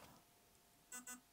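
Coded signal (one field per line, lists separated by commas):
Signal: beep code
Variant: Silverback MDRx airsoft ECU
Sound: two quick buzzy motor beeps in close succession after a short quiet pause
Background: quiet room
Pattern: 2 short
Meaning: Two beeps after the waiting period mean the replica is in game mode and can fire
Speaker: Bip bip. Et là, la réplique est en mode de jeu et je peux tirer.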